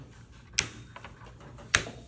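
Two locking knobs on a mat cutter's sliding measuring guide, already loosened by twisting them left, are each pushed down until they click. Two sharp, loud clicks land at 0.6 s and 1.8 s, one per knob, with faint small ticks between them. The knobs are released, freeing the measuring guide to slide.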